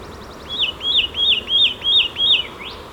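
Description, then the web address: Satin flycatcher producing six bright, hooked whistles in a steady rhythm, then a short rising sweep at the end. "Audio Myiagra Cyanoleuca"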